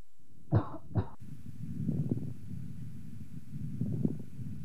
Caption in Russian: Влажные мелкопузырчатые хрипы у больной с острой бронхопневмонией. Основной дыхательный шум представлен жестким дыханием. После покашливания. После покашливания характер хрипов изменился.